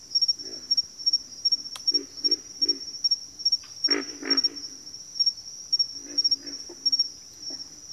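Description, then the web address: Pig frog calls: deep grunts in short runs, with a louder cluster in the middle, while a constant high insect trill rings behind. "Sounds of Nature Collection. Pig Frogs"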